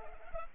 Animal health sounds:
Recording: mosquito wingbeat signal from an infrared sensor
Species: Culex pipiens

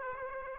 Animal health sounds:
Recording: mosquito wingbeat signal from an infrared sensor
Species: Aedes aegypti

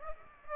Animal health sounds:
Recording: mosquito wingbeat signal from an infrared sensor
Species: Aedes aegypti

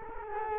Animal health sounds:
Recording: mosquito wingbeat signal from an infrared sensor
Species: Culex quinquefasciatus

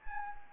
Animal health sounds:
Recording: mosquito wingbeat signal from an infrared sensor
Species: Anopheles arabiensis

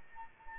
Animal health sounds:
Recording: mosquito wingbeat signal from an infrared sensor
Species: Anopheles arabiensis

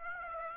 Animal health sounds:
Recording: mosquito wingbeat signal from an infrared sensor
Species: Aedes aegypti

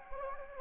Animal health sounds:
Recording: mosquito wingbeat signal from an infrared sensor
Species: Anopheles gambiae

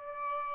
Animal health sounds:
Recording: mosquito wingbeat signal from an infrared sensor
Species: Aedes albopictus

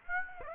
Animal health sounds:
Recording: mosquito wingbeat signal from an infrared sensor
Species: Aedes aegypti

